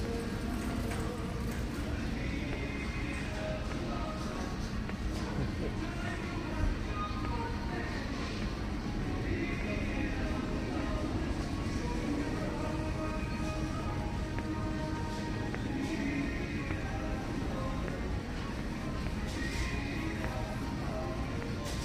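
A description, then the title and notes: Walking through a store from the bottle return toward the customer service desk, with a steady, dense bed of low rumble and murmuring voices throughout. Brief brighter tones and clatters recur every few seconds, and a single sharp knock lands near seven seconds. Bottle Return Sounds. Walking from the bottle return up to cash out at the customer service desk then back to my truck.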